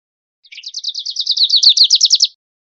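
Grace's warbler delivers a single rapid high trill of many notes, growing louder and slightly higher before stopping abruptly.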